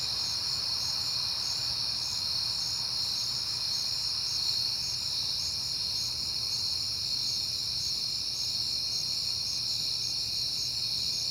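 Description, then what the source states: Crickets chirp in a steady, dense high-pitched chorus, with a faster pulsing trill above it and a faint low rumble underneath throughout. Crickets recorded at night in September, on a peaceful night.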